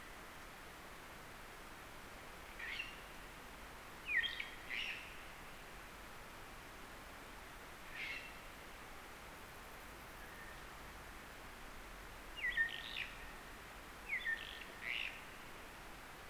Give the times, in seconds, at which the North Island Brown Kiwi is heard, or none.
none